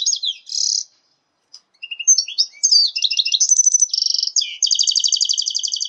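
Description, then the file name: Red siskin x canary hybrid singing quick varied twittering notes that build into a continuous, fast, rolling high trill lasting to the end. "hibrid red siskin x kenari omkicau"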